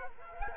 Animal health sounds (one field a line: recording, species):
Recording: mosquito wingbeat signal from an infrared sensor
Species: Culex quinquefasciatus